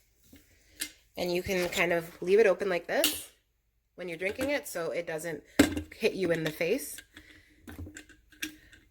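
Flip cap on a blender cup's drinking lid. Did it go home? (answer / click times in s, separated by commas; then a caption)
yes / 8.4 s. Someone talks while handling the drinking lid of a Nutribullet Pro 1000 blender cup, followed by a few small plastic clicks and taps. The hinged plastic flip cap is pressed closed and clicks shut at 8.4 seconds, sealing the lid leak proof.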